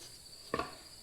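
A previously filled torque converter for a WS6 Trans Am is pushed and rotated further onto the transmission input shaft, giving a sharp clunking click at 0.5 s with a quick second knock right after, over a steady high-pitched hiss. This is the third click, meaning the converter is fully seated, which keeps the pump from being smashed when the transmission goes into the car.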